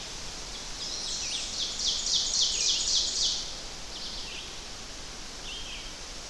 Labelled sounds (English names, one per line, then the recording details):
Ovenbird song
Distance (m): 15 m
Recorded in boreal forest in Alberta, Canada, on 10 June 2016 at 06:55
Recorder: SongMeter 3, array SBT-3-39
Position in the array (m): 198 m, 75 m
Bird 17